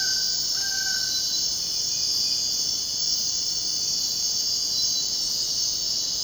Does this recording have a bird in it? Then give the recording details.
yes. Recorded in dense forest near Puerto Asís, Putumayo, Colombia, on 23 June 2025 at 03:00. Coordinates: 0.499, -76.324. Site G100